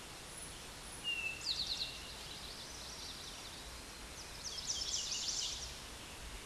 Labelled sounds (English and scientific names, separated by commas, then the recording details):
Eastern Towhee (Pipilo erythrophthalmus) song
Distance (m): 5 m
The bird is about level with the microphone
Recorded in a Pennsylvania forest on 16 May 2024 at 09:49
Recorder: AudioMoth, point MSD-1368
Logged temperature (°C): 12.5 °C
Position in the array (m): 2 m, 44 m